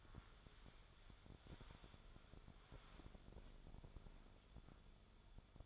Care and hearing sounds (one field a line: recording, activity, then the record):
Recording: daily activity, microphone in the room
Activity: wipe stove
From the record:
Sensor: 5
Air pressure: 1015.2 hPa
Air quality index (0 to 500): 219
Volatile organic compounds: 12 ppm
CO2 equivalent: 2375 ppm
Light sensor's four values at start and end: 35/81/33/35 and 35/82/34/36